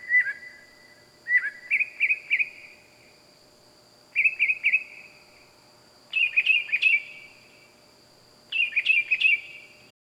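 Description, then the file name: Bird calling at night: bursts of a few short warbled notes, higher in later bursts, separated by pauses, over a steady high hum. Loud bird calling at night. "Loud Night Bird Animals Wild"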